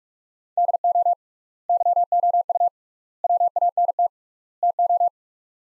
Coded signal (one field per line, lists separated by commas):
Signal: Morse code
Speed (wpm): 43 wpm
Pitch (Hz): 700 Hz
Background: none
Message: DO YOU WANT TO